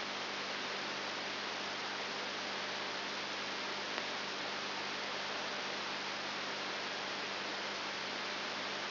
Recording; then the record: brain microelectrode recording played as sound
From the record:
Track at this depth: outside the subthalamic nucleus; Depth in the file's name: 6.7 mm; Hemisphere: left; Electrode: 3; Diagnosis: Parkinson's disease